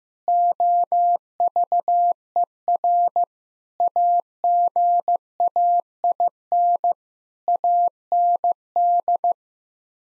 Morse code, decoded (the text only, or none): OVER AGAIN AND